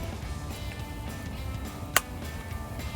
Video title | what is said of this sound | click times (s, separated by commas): 2008-2023 Challenger SpeedForm Fuel Door Cover; Matte Black Review & Install | pops right in, | 2.0 s